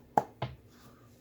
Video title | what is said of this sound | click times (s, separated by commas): 2021 Amazon Fire HD10 official case review | and it just snaps into place | 0.2 s